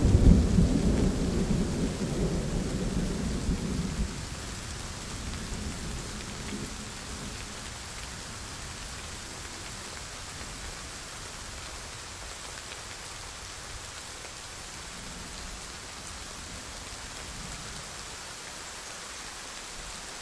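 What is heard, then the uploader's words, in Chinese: A raging thunderstorm: a loud, deep roll of thunder opens the clip and fades out over the first five to seven seconds. After that, steady, dense rain hisses on evenly to the end, with only faint low rumbles now and then. 雷雨猖狂。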